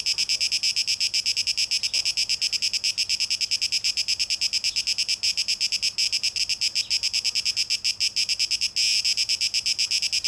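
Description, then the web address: Cicada song, rapid shrill pulsing that holds steady, with one short surge of broader buzzing near the end. Recorded 12 August 2023; tape echo mix. "rauschpartikel Audio 2023-08-12 Zikaden (Tape Echo Mix)"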